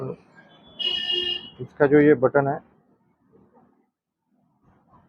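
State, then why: Not seated. A quick-throttle housing button on the handlebar of an RX-series motorcycle (RX100) is handled while the quick-throttle parts are lined up before locking. A brief steady high beep-like tone sounds from about 0.8 to 1.4 s, someone talks until about 2.6 s, and then only faint, quiet handling noises follow. Nothing has locked or clicked yet.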